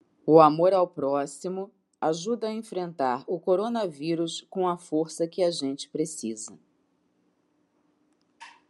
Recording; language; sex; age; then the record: spoken sentence; Brazilian Portuguese; female; 50 to 59 years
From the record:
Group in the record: control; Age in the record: 51 years